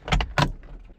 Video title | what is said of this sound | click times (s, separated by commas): FitcamX, Best "OEM" Dash Cam Out There. Install/Review on a 2022 Tundra TRD Pro. Custom Rear Mount | Just like that, locked in, and the fit is perfect. | 0.4 s